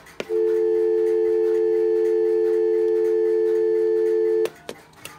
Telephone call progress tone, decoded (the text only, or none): dial tone